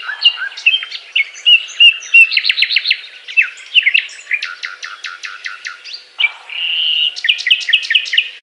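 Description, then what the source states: Nightingale song with rapid trills, clicking repeated notes and a sustained whistle, phrases changing every second or two in a rich, varied sequence. Song described as a love serenade.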